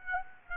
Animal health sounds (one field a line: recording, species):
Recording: mosquito wingbeat signal from an infrared sensor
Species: Aedes aegypti